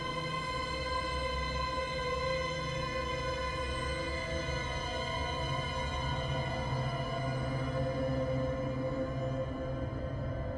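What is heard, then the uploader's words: A distant planet ambience: a steady, dense drone of layered sustained tones, a deep rumbling low end and bright ringing overtones, unchanging throughout. Distant Planet Ambience.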